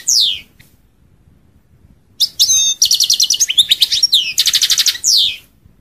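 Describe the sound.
European goldfinch song: a high sweeping note, then a quick run of bright, tinkling, buzzy twitters and a rapid trill, ending with a downslurred note.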